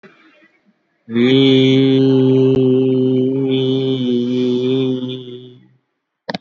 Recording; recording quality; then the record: sustained vowel as in beet; excellent, no background noise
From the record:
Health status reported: COVID-19 positive, mild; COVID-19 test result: positive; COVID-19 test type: RT-PCR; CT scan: not taken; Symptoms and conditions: cough, fever, muscle pain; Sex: male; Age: 83 years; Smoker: no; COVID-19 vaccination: both doses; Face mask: not worn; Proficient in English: yes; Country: India